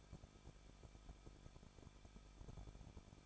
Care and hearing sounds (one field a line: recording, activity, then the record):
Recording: daily activity, microphone in the room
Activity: no activity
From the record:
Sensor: 5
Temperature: 20.9 degrees Celsius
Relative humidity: 38.3%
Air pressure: 1006.4 hPa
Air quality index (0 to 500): 188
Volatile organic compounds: 19 ppm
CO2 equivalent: 2651 ppm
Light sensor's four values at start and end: 2/3/1/1 and 2/3/1/1